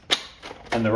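A plastic water tank is stuck back onto the body of a wet floor cleaner, giving one sharp snap at 0.1 s as it seats in place; it only needs to be stuck back on. A fainter knock follows around 0.5 s, and from about 0.7 s someone talks.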